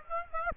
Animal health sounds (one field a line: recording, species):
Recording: mosquito wingbeat signal from an infrared sensor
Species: Aedes aegypti